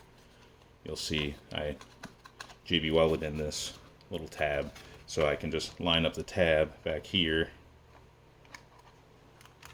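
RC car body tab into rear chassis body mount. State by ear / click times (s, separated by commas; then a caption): not seated / none. Someone talks while lining up a small JB Weld tab on the plastic body of a Typhon GROM BLX RC car with the slotted body mount at the rear of the chassis. A few faint, short handling taps follow between about 8.6 and 9.8 s. Nothing has seated or clicked yet.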